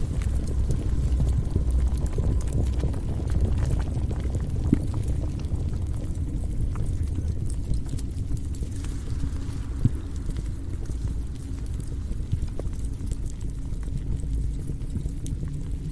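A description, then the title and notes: A steady underground lava and fire ambience with a heavy, dense rumble that stays low throughout. Scattered crackles and knocks break through, with sharper hits near 5 and 10 seconds like falling rock. A faint thin tone hums briefly in the first three seconds. Underworld asmr ambience. Abyss of hell. Lava , flame , rockfall, monster sounds.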